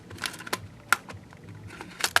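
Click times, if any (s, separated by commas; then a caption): 0.9 s, 2.2 s. A plastic backplate is hooked in at the bottom and pressed down at the top onto the shell of a 3DS XL handheld game console. Small ticks and taps lead up to sharp plastic clip snaps at 0.9 s and 2.2 s. The backplate clips lock into place.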